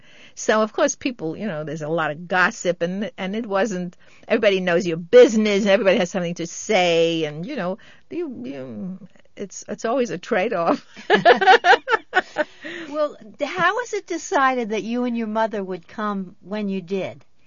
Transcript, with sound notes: So, of course, people -- there's a lot of gossip, and it wasn't, everybody knows your business, everybody has something to say and, you know, it's, it's always a trade-off. ( she laughs )
Well, how was it decided that you and your mother would come when you did?